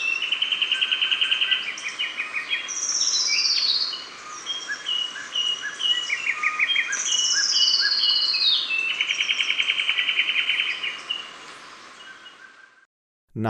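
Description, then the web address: Sepia-brown wren singing a complex mix of rattling trills and long high descending slurred whistles, with phrases repeated, ending abruptly. Recorded in Ecuador. "Natures Songs S America Birds of Ecuador Sepia-brown Wren"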